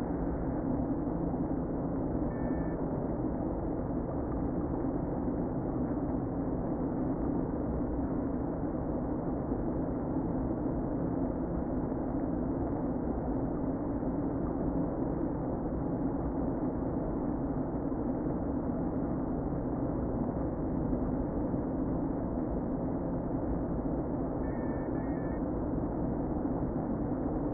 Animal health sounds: honeybee colony, microphone inside the hive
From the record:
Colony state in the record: queen present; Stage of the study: before two queens were removed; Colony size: about 60,000 bees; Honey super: yes

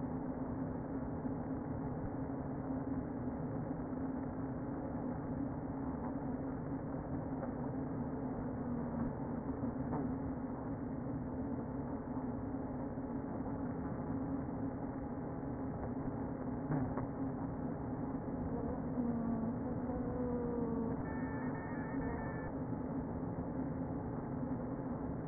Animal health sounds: honeybee colony, microphone inside the hive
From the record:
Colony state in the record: queen present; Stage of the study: before two queens were removed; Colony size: about 60,000 bees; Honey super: yes

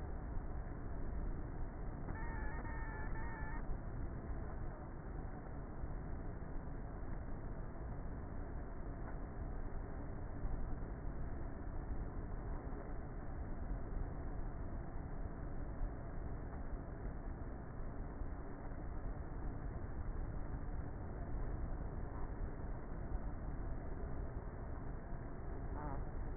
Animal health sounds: honeybee colony, microphone inside the hive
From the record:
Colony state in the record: queenless with a low population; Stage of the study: before two queens were removed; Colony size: about 30,000 bees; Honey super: no

